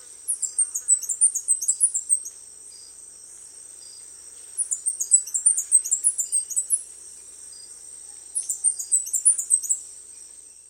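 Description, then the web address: Orange-billed sparrow song, three bursts of very high, thin, tinkling notes roughly every four seconds, over a steady shrill insect whine. South America. "Natures Songs S America Orange-Billed Sparrow"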